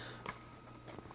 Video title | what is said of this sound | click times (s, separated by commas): Durafly™ Messerschmidt Bf.109E-4 Unboxing & Build | one of those working on really slow and just you know we hear the pop when it goes in tada | 0.3 s